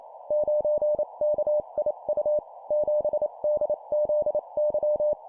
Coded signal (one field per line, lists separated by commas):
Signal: Morse code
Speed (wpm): 28 wpm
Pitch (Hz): 600 Hz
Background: none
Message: 9KIU 7DZY